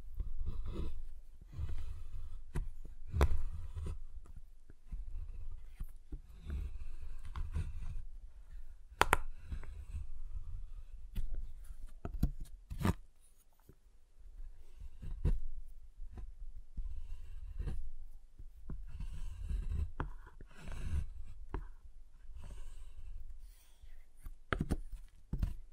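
Tapping, cutting and snapping on a giant chocolate bar, heard as a steady run of sharp clicks and taps, some bright snaps standing out near 3, 9, 13 and 25 seconds. Low thuds and soft scraping fill the gaps between hits.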